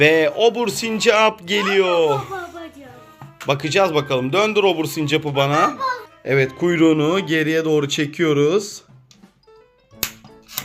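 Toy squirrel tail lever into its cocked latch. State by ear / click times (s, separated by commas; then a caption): seated / 10.0 s. A plastic tail on a toy squirrel game is pulled back until its spring mechanism catches and latches in the cocked position. People talk, with a child's voice and music in the background. A sharp click is heard at 10.0 s as the tail latches, followed by another short tick.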